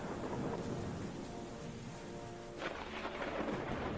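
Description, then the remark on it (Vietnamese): Heavy night rain pours down steadily on a forest in a dense, hissing wash, tree branches shaking violently, with a low rumble of thunder rolling underneath and a brief surge of louder downpour near the end. No voices. “Ở ngoài kia, những cành cây rừng vẫn đang ầm ầm rung lắc dữ dội trong cái cơn mưa đêm rừng rú ấy.”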